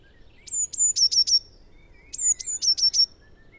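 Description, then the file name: Eurasian blue tit singing: two thin, high drawn-out notes followed by a quick descending trill of three or four notes, the phrase given twice. "Cyanistes caeruleus"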